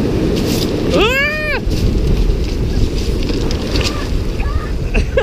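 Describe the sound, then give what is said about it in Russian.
A steady, rough roar of Pacific Ocean waves surging up the shore in America, with wind filling the whole stretch and a brief high-pitched rising-and-falling vocal cry cutting through early on. “До сюда волны аж доходят.”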